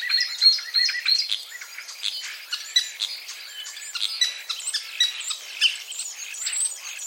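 Common starling calls, rapid clicking and chattering notes mixed with short whistles, busy and irregular for the whole stretch.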